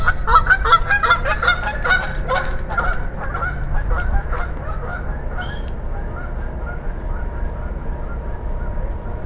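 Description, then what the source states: Goose honking, a rapid series of loud nasal honks in the first three seconds that thin out and fade, over a steady low rumble. A pair of geese taking flight in a parking lot.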